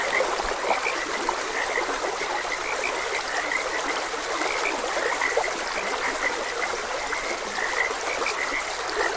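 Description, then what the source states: Frogs keep up a chorus of short notes over an unbroken wash of flowing water. Frogs croaking beside a gentle stream.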